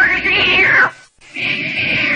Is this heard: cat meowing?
yes